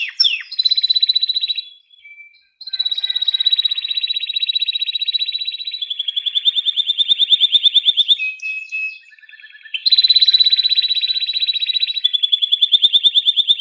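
Canary song of long, loud, rapid trills and rattling repeated notes, with a short pause early on and slight pitch changes between phrases.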